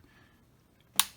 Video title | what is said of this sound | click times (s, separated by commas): Unboxing Grumpy's New Yuneec Typhoon H+(Read description below) | bring the legs up arms up and they click in place and | 1.0 s